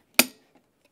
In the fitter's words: hear that click you know it's engaged again